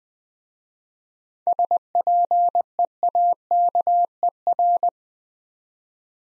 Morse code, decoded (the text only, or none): SPEAKER